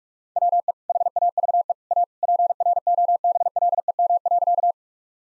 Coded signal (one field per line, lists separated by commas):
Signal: Morse code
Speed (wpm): 46 wpm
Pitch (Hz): 700 Hz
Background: none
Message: WE HAVE A PROBLEM.